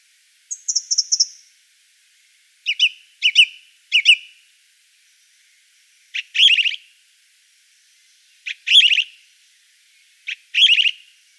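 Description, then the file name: Song Thrush with a high trilled phrase, then sharp notes, several given in pairs, repeating the same figure several times with brief pauses. From a collection of forest songbirds. "Pevchie pticy lesa - Pevchij drozd"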